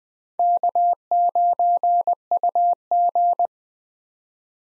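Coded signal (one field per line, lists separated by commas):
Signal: Morse code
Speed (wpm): 20 wpm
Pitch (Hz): 700 Hz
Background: none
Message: K9UG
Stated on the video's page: Morse head-copy drill of US 4-character call signs at 20 wpm, each sent twice.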